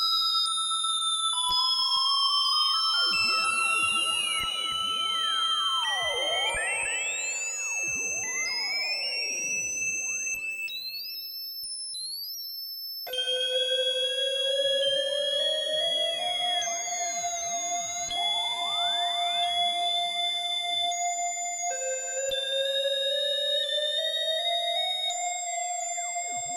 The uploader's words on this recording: It's the sound of my 8 voice Moog Poly Phatty calibrating through a Dreadbox Hypnosis. Recorded in Audacity.